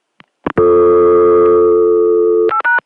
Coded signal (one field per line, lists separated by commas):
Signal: telephone call progress tone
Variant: North America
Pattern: dial tone